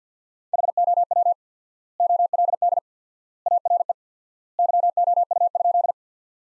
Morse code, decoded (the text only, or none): HOW OLD ARE YOU?